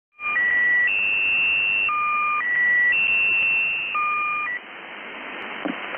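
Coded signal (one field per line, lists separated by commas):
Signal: channel marker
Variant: Squeaky Wheel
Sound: sequence of steady electronic tones stepping in pitch, about eight steps, then static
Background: radio static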